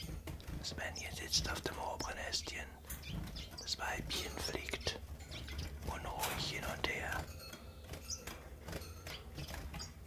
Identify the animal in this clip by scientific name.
Phylloscopus collybita